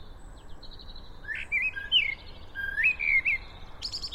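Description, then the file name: Common blackbird song: fluty, warbling phrases followed by a higher twittering flourish at the end, over a steady low background hiss. "Turdus merula"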